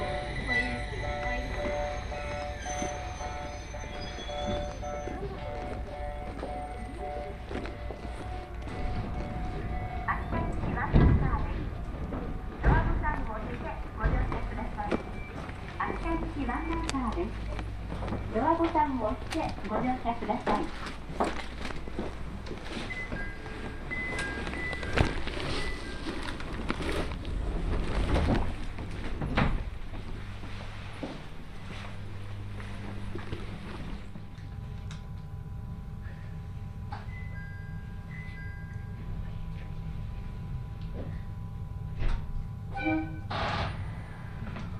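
A train ride on the Uetsu Main Line from Ugo-Honjo toward Akita: a steady low rumble with a whining tone that rises and falls, voices mixed in, and sharp knocks near 11, 25 and 28 seconds. After about 34 seconds the sound turns calmer and steadier.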